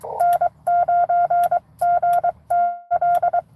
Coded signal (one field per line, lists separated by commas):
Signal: Morse code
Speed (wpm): 23 wpm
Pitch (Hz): 700 Hz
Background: none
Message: N9GTL